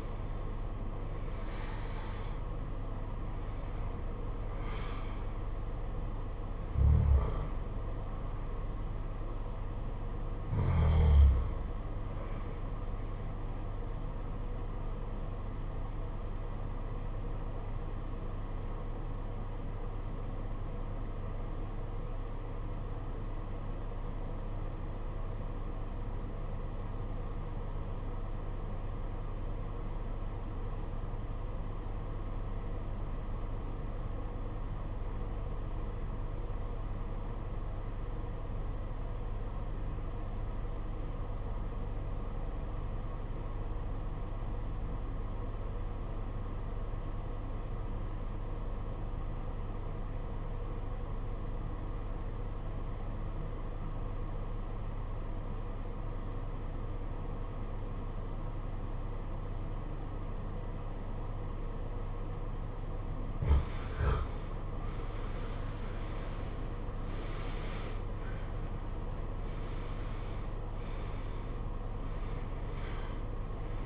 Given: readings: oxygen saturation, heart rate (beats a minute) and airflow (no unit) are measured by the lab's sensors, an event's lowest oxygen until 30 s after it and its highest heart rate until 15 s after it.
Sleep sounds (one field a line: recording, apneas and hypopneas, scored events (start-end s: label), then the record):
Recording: breathing in sleep by a smartphone at the bedside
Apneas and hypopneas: 1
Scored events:
15.00-64.40 s: obstructive apnea (REM, oxygen 96% highest, then 66% lowest, heart rate 58 at the start, 89 highest)
From the record:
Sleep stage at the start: REM sleep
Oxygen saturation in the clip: 67 to 96%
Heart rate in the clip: 47 to 89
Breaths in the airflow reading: 8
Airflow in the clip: -17.2 to 16.0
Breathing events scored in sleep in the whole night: 476 in 9.7 hours asleep